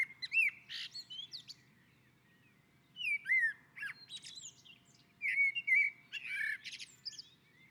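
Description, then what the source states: Common blackbird delivering melodious whistled phrases mixed with sharp high twitters, three bursts of song with short gaps, a quiet low hum underneath. Blackbird on a roof.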